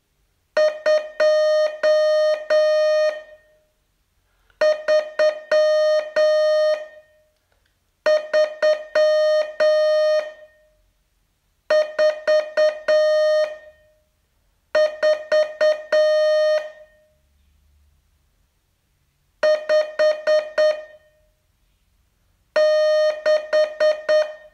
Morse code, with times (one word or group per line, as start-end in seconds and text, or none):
0.6-3.1 2
4.6-6.7 3
8.1-10.2 3
11.7-13.4 4
14.8-16.6 4
19.4-20.7 5
22.6-24.2 6